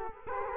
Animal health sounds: mosquito wingbeat signal from an infrared sensor; Culex quinquefasciatus

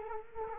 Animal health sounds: mosquito wingbeat signal from an infrared sensor; Culex quinquefasciatus

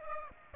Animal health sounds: mosquito wingbeat signal from an infrared sensor; Aedes aegypti

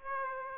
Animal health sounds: mosquito wingbeat signal from an infrared sensor; Aedes aegypti

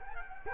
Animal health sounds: mosquito wingbeat signal from an infrared sensor; Culex quinquefasciatus

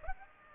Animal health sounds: mosquito wingbeat signal from an infrared sensor; Aedes aegypti

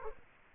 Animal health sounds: mosquito wingbeat signal from an infrared sensor; Culex quinquefasciatus

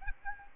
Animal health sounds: mosquito wingbeat signal from an infrared sensor; Aedes albopictus

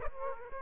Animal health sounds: mosquito wingbeat signal from an infrared sensor; Aedes aegypti

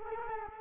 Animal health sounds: mosquito wingbeat signal from an infrared sensor; Culex quinquefasciatus

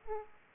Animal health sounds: mosquito wingbeat signal from an infrared sensor; Aedes aegypti

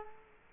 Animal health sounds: mosquito wingbeat signal from an infrared sensor; Culex quinquefasciatus

